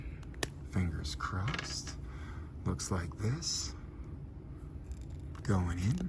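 A swappable plastic hand is pulled off an action figure's wrist peg, and a sharp pop at 0.4 s marks the hand coming free and releasing. Someone talks before and after the pop, with a few faint ticks in the background.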